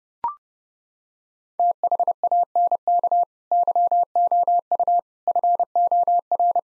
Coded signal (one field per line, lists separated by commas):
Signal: Morse code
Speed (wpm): 30 wpm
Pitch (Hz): 700 Hz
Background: none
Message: THANK YOU FOR